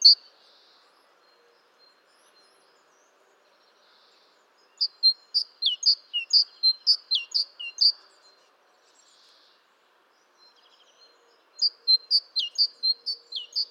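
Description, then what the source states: Great tit uttering repeated high, sharp chirps and downslurred notes in two lively bursts separated by a few seconds of near silence. Recorded 14 March 2018.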